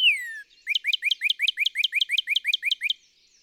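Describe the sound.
Northern cardinal song: one falling whistle, then a fast even trill of many short upslurred chips in quick succession.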